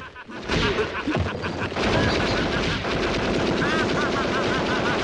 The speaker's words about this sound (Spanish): El niño enciende los petardos dentro de la cacerola.